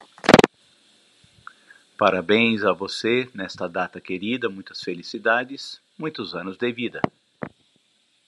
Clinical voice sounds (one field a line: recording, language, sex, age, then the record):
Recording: short text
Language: Brazilian Portuguese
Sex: male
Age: 50 to 59 years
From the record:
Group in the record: control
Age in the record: 54 years